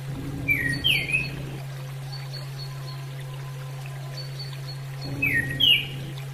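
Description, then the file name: Orange-headed thrush calls in two brief bursts of sharp, sliding whistled notes several seconds apart, with faint high ticks between them and a constant low hum. Female bird; used as therapy audio for bird training. "audio terapi ak betina"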